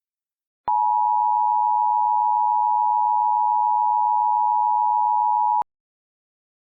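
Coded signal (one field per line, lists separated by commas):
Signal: Emergency Alert System (SAME) tones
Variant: 853 and 960 Hz attention tone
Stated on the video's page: Fictional EAS scenario.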